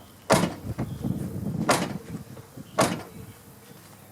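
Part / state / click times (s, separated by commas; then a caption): truck rear door upper latch and its striker / not seated / none. The rear door of a 1992–2013 Ford Super Cab F-150, F-250 or F-350 truck is closed against its striker to test it after only the upper latch cable has been refitted. Three sharp, broadband thuds land at about 0.3, 1.7 and 2.8 seconds, with softer rattling between the first two. The door does not latch and nothing has caught, likely because the cable is adjusted too tight.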